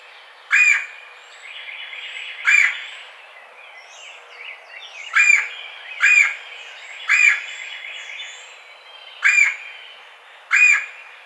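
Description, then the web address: Red-bellied woodpecker giving short, rolling churring calls, seven spaced irregularly over eleven seconds, with faint chatter of other birds between them. Recorded 4 May 2009. "Red-bellied Woodpecker 2009 05 04"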